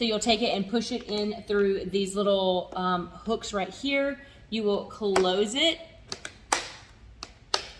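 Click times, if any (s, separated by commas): 7.5 s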